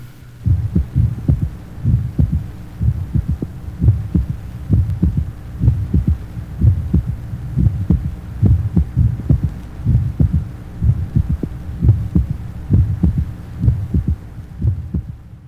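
Regular low heartbeat, about 67 a minute, in an 18-year-old, heard at the mitral area, with a soft extra early-diastolic third sound: a normal physiologic S3.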